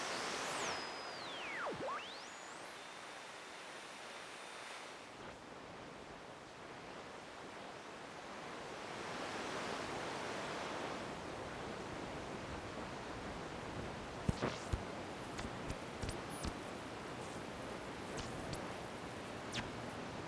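Shortwave radio hiss fills the whole recording, a steady rushing noise that swells slightly around ten seconds. Near the start, high whistling tones sweep and dive as the tuning shifts, then after fourteen seconds sharp clicks and brief chirping squeals break through the static.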